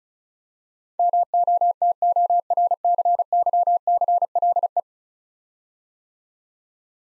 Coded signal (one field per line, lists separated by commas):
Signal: Morse code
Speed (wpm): 36 wpm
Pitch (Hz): 700 Hz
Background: none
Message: MOTORCYCLE